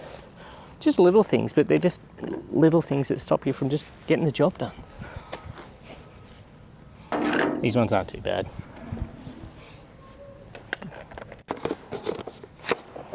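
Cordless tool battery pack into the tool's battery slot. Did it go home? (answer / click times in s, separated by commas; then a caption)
yes / 10.7 s. A cordless power-tool battery pack is pushed into its slot on the tool and clicks home, seating at 10.7 s with a sharp, loud snap and a smaller click right after. Someone talks through the first part of the clip, then a few lighter knocks follow the click. The satisfying click is rated about 6.5 to 7.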